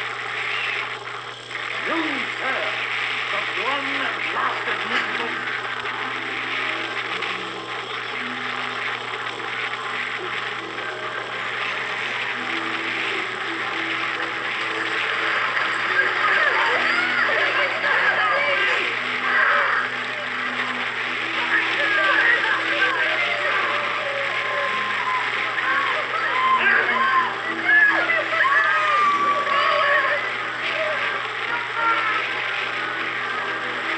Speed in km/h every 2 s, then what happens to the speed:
42, 42, 39, 40, 41, 42, 42, 39, 38, 39, 39, 39, 38, 38, 38, 39, 38.
0-34 steady at about 39.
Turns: none.